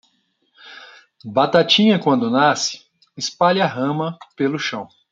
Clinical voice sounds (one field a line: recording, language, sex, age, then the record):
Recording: short text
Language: Brazilian Portuguese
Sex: male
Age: 30 to 39 years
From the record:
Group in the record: control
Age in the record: 35 years